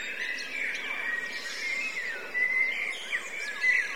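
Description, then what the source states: Blackbirds produce a busy, continuous chatter of short whistles and squeaks, several thin rising notes cutting through the mass. Several blackbirds; recorded from line in, with overruns.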